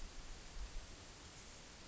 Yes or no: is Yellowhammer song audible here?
no